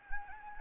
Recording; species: mosquito wingbeat signal from an infrared sensor; Anopheles gambiae